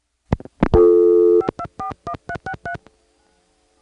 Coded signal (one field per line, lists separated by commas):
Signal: DTMF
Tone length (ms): 80 ms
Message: 5241363